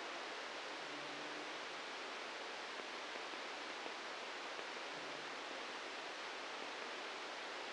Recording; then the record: brain microelectrode recording played as sound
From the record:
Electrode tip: outside the subthalamic nucleus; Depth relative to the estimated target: 2 mm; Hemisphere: right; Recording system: NeuroSet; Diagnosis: Parkinson's disease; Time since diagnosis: 7 years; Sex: male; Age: 44 years